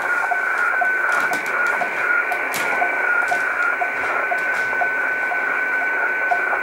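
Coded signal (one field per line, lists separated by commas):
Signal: weather fax (radiofax)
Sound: steady whistle over a hissing band with faint regular ticks about twice a second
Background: radio static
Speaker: this is very weird because 20 M BAND is not a place for hfx transmissions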